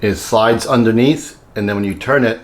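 Someone talks while handling a cam lock fitting in a particleboard furniture panel of a TCHOMENY record player stand (HF0000075-BR), which a screwdriver turns under the stand board so it grips the post and locks the two panels together. Only speech is heard in this clip, and nothing has seated or clicked yet.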